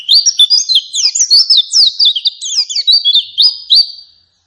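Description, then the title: White-eye song, a loud string of high, sweet, slurred notes with brief chirps between them, ending after about four seconds. Energetic, insistent white-eye song used as a lure to make other white-eyes respond and answer. "Pleci Gacor. Apapun plecinya AKAN LANGSUNG MERESPON dan NYAUT dengan pancingan pleci ngotot ini"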